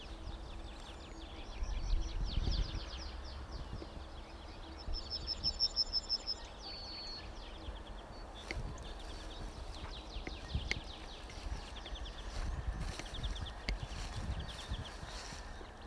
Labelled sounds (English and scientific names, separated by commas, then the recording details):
Yellowhammer (Emberiza citrinella)
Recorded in the wild
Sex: male
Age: adult
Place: Schildow, NSG, Kalktuffgelände am Tegeler Fließ (NSG Schildow), Berlin, DE
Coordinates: 52.64, 13.37
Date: 1993-04-19 10:30
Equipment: Uher 4400 Report Stereo IC, Sennheiser ME 80, K 30 AV
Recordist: Quaisser, Christiane